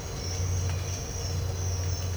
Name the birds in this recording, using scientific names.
none